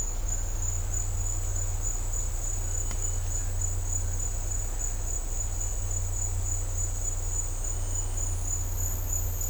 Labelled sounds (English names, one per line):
none